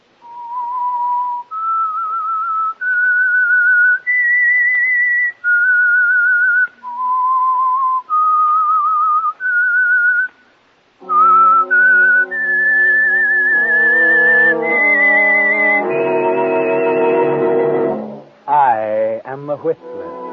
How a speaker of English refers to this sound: The Signal Oil Program, The Whistler. That whistle is your signal for the Signal Oil Program, The Whistler.